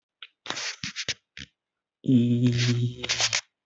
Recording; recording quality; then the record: sustained vowel as in beet; moderate, slight background noise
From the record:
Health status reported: healthy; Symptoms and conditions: cough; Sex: male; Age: 18 years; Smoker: not ticked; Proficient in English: yes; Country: India